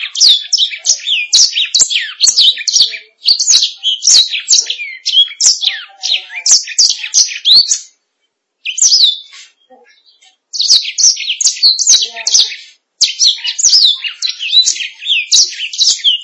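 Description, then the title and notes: Canary song in long bursts of quick, high chirps and trills, broken by a few short silences, including a longer gap around eight to ten seconds. "Suara Burung Kenari"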